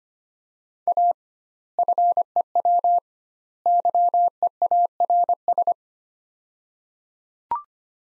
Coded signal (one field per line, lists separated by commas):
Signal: Morse code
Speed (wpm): 25 wpm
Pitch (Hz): 700 Hz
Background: none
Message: A FEW YEARS